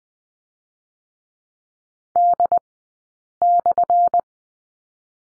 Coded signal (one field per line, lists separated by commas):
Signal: Morse code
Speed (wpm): 20 wpm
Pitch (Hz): 700 Hz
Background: none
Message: D/